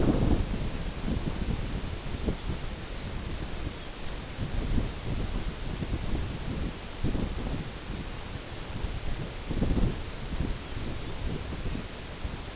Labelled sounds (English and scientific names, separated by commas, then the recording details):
Lapland Longspur (Calcarius lapponicus)
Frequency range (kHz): Lapland Longspur (Calcarius lapponicus) 2.9-5.6 kHz
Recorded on Arctic tundra, site NAIT-1, on 22 June 2018
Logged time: 13:00